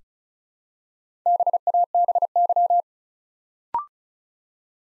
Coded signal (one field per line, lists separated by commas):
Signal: Morse code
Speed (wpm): 36 wpm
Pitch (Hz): 700 Hz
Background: none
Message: BABY